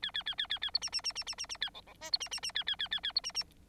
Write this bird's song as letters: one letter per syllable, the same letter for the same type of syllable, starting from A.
A A A A A A B C C C C C C C A D D E B C C C A A A A A B C C